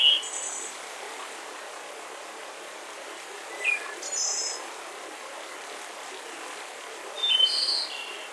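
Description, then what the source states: Birds calling: a few short high chirps and brief buzzy trills at the start, midway and near the end, with long quiet gaps over a steady soft hiss. Mountain forest.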